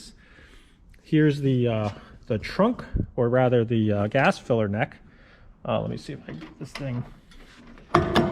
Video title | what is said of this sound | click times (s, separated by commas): March 2024 Shop Update | so that's installed and now it it kind of clicks back in place really nicely | 7.9 s